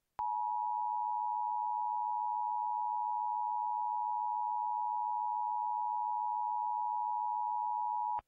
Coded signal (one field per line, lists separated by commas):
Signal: Emergency Alert System (SAME) tones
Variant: 853 and 960 Hz attention tone